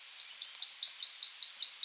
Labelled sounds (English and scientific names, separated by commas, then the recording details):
Yellowhammer (Emberiza citrinella) song
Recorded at under 5 m from the bird
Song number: 056